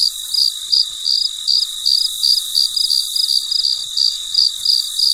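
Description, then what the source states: Cricket giving high chirps in quick repeated bursts, slightly uneven in spacing, above a steady background hiss. Recorded late at night; very quiet surroundings.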